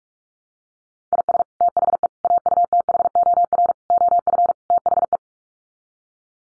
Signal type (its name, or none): Morse code